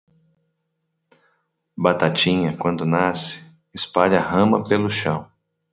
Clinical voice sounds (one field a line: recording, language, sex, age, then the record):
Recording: short text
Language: Brazilian Portuguese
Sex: male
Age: 40 to 49 years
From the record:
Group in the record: control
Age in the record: 47 years